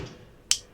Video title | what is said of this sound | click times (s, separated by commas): Wanna See My Tool? | you hear it click it's locked in it's not moving | 0.5 s